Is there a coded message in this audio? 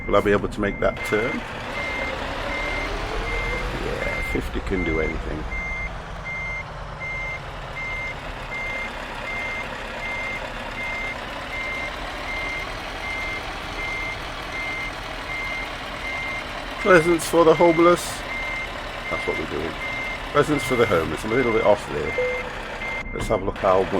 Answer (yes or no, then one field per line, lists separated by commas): no